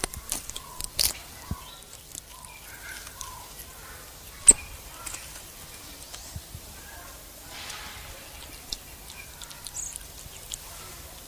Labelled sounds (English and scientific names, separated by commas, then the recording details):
White-faced Saki (Pithecia pithecia)
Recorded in captivity
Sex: group
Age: adult
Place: Zoo Halle, Sachsen-Anhalt, DE
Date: 2007-10-08 16:25
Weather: sonnig, 14°C
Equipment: Sony WM-D6C, Sennheiser ME 80, Kopie Uher 4000 Report Monitor
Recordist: Tembrock, Günter